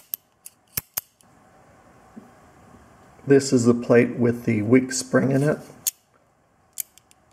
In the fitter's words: You can hear how it has a positive click to it.